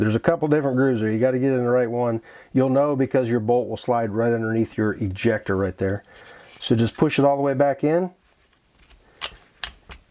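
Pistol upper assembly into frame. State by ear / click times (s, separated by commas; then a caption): seated / 9.6 s. Someone talks while the upper assembly of a KelTec CP33 .22 LR pistol is slid along the correct grooves, with the bolt going under the ejector, and pushed all the way back onto the pistol frame. After the talking stops, a few faint handling sounds are heard, then a sharp click at 9.6 s as the upper seats into place.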